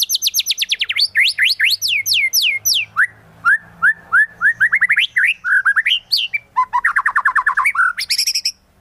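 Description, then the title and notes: White-rumped shama delivering loud falling whistles in quick succession, then a run of short rising notes, a fast slurred series and a final high buzzy burst. Lure recording used for trapping. "Pikat Murai Batu. Burung Murai Batu"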